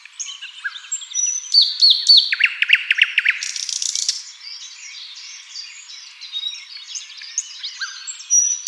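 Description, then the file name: Common nightingale singing: rapid staccato note series, then a harsh buzzing rattle, followed by softer, varied whistles and twitters. "Luscinia megarhynchos"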